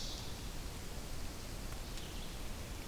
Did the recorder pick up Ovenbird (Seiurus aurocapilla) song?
no